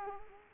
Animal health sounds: mosquito wingbeat signal from an infrared sensor; Culex quinquefasciatus

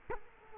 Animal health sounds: mosquito wingbeat signal from an infrared sensor; Culex quinquefasciatus

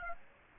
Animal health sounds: mosquito wingbeat signal from an infrared sensor; Aedes aegypti

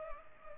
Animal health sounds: mosquito wingbeat signal from an infrared sensor; Culex pipiens

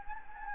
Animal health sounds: mosquito wingbeat signal from an infrared sensor; Anopheles gambiae

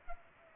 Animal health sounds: mosquito wingbeat signal from an infrared sensor; Culex pipiens

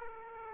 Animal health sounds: mosquito wingbeat signal from an infrared sensor; Aedes aegypti

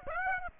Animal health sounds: mosquito wingbeat signal from an infrared sensor; Aedes aegypti

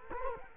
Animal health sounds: mosquito wingbeat signal from an infrared sensor; Culex quinquefasciatus

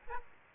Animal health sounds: mosquito wingbeat signal from an infrared sensor; Aedes aegypti

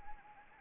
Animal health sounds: mosquito wingbeat signal from an infrared sensor; Anopheles arabiensis

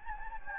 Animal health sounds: mosquito wingbeat signal from an infrared sensor; Anopheles gambiae

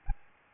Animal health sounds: mosquito wingbeat signal from an infrared sensor; Aedes albopictus

